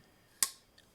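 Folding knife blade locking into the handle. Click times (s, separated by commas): 0.4 s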